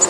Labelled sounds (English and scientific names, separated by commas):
Black-throated Green Warbler (Setophaga virens) flight call